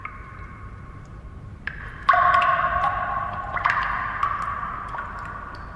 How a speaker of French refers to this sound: Écoute-moi ça. Ferme les yeux et écoute-moi ça. On dirait quoi? Une goutte Une goutte.